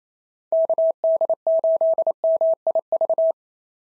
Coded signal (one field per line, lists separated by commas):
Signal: Morse code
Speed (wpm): 25 wpm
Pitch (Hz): 650 Hz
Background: none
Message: KD8MIV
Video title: POTA QSO Practice - 28wpm